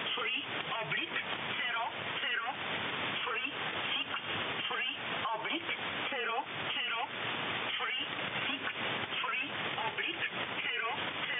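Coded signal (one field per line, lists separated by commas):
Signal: numbers station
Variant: E11 Oblique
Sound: a voice reads short evenly spaced words through strong hissing radio noise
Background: radio static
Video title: E11 Oblique Numbers Station, 363/00, 9.13 MHz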